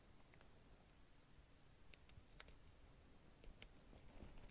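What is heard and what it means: The last repaired terminal of a 1974 Suzuki wiring harness is pushed into its plastic connector housing, with a few faint clicks and taps over quiet background noise. A sharp click at 2.4 s marks the terminal seating in the housing, and smaller clicks follow.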